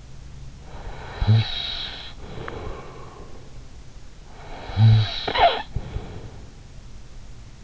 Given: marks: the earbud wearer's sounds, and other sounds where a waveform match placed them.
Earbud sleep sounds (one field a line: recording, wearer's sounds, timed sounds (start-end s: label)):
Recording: sounds in sleep by an in-ear microphone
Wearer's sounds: snoring breath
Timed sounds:
0.71-3.53 s: snoring breath
4.38-6.62 s: snoring breath